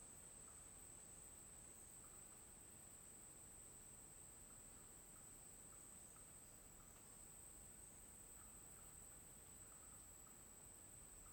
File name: Ambiente na mata no meio do dia com grilos e passaros discretos sapo